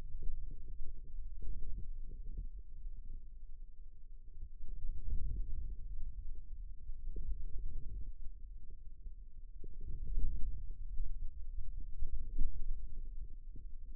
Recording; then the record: forearm muscle sounds (acoustic myography)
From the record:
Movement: radial deviation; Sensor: system 2, bracelet of six BSWA MPA416 microphones around the upper forearm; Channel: 2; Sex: male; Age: 22 years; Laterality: right